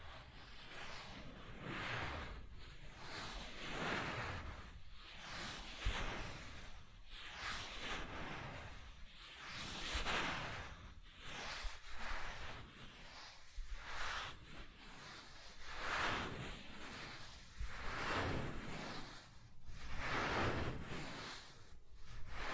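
Soft tracing across smooth and rough surfaces makes a steady, airy rubbing hiss that swells and fades in repeated strokes about every second or two. Some passes sound brighter and grainier, others duller, with a faint low rumble underneath throughout.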